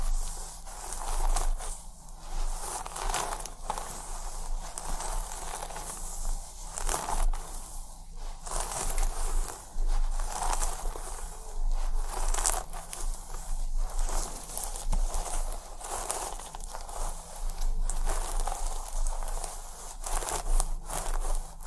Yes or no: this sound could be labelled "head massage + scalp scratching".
yes